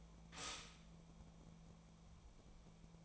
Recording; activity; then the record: daily activity, microphone in the room; stop toaster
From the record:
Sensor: 1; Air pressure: 1000.3 hPa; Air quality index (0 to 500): 156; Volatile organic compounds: 3 ppm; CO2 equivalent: 1458 ppm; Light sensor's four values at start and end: 30/74/31/37 and 30/74/31/37